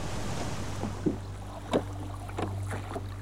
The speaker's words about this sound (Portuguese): E assim que falou, começou a mover a embarcação pelo mar usando um remo de madeira que segurava.